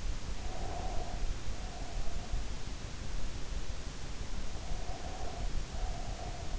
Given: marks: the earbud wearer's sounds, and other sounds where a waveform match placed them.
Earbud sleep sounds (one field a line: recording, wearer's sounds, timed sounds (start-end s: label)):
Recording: sounds in sleep by an in-ear microphone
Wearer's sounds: breath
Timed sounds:
0.23-2.50 s: breath
4.69-6.59 s: breath